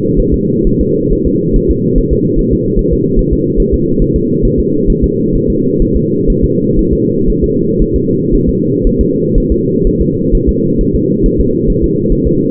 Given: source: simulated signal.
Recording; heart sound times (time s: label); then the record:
fetal heart sounds
0.19 s: S1
0.34 s: S2
0.67 s: S1
0.81 s: S2
1.12 s: S1
1.27 s: S2
1.56 s: S1
1.71 s: S2
1.98 s: S1
2.13 s: S2
2.39 s: S1
2.53 s: S2
2.79 s: S1
2.93 s: S2
3.19 s: S1
3.33 s: S2
3.60 s: S1
3.74 s: S2
4.02 s: S1
4.16 s: S2
4.45 s: S1
4.60 s: S2
4.90 s: S1
5.04 s: S2
5.36 s: S1
5.50 s: S2
5.82 s: S1
5.97 s: S2
6.30 s: S1
6.44 s: S2
6.79 s: S1
6.93 s: S2
7.30 s: S1
7.44 s: S2
7.82 s: S1
7.96 s: S2
8.34 s: S1
8.49 s: S2
8.87 s: S1
9.01 s: S2
9.38 s: S1
9.52 s: S2
9.87 s: S1
10.01 s: S2
10.35 s: S1
10.49 s: S2
10.81 s: S1
10.95 s: S2
11.26 s: S1
11.40 s: S2
11.70 s: S1
11.84 s: S2
12.12 s: S1
12.27 s: S2
From the record:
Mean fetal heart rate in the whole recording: 130 bpm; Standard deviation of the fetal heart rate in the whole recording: 4 bpm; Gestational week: 38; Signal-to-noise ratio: -11.2 dB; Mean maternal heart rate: 72 bpm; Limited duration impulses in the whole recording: present